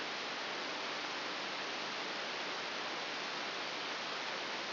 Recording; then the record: brain microelectrode recording played as sound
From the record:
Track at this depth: inside the subthalamic nucleus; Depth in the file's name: 4.402 mm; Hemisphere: right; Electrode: 3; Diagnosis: Parkinson's disease